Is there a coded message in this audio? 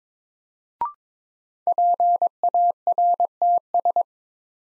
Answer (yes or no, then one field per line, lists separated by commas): yes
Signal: Morse code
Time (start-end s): 1.7-4.0 s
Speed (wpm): 22 wpm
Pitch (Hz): 700 Hz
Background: none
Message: PARTS